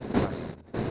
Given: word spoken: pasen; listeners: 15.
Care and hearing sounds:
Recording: one Spanish word in noise, from a listening test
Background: noise modulated by one talker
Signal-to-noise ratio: -9.6 dB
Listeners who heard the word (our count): 0 of 15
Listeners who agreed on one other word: 9 of 15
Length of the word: 0.51 s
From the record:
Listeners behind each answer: 9, 3, 1, 1, 1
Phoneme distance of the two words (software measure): 17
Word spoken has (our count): 2 syllables, 5 phonemes, stress on syllable 1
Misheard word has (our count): 2 syllables, 4 phonemes, stress on syllable 1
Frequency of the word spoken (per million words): 7.32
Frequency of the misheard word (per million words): 154.05

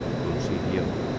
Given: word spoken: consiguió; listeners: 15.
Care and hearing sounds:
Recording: one Spanish word in noise, from a listening test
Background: speech-shaped noise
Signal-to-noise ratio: -4.5 dB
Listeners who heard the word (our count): 4 of 15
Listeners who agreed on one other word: 6 of 15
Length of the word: 0.79 s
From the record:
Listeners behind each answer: 6, 4, 2, 1, 1, 1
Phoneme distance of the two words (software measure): 34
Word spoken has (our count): 3 syllables, 8 phonemes, stress on syllable 3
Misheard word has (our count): 3 syllables, 8 phonemes, stress on syllable 3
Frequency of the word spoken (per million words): 40.23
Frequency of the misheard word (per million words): 138.75

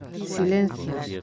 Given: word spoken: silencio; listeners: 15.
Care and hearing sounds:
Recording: one Spanish word in noise, from a listening test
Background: four-talker babble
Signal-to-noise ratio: 6.8 dB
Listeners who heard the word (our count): 6 of 15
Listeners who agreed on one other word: 9 of 15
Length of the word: 0.82 s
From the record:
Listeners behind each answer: 9, 6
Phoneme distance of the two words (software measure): 7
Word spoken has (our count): 3 syllables, 8 phonemes, stress on syllable 2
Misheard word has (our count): 3 syllables, 9 phonemes, stress on syllable 2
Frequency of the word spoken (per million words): 136.97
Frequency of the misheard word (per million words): 6.10

